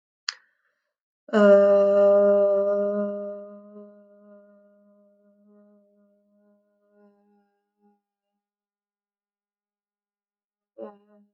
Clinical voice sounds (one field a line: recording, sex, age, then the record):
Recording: vowel held as long as possible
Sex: female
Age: 20 to 29 years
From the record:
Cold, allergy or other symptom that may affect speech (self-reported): no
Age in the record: 29 years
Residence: Pennsylvania, United States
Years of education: 16